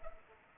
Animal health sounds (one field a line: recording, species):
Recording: mosquito wingbeat signal from an infrared sensor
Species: Culex pipiens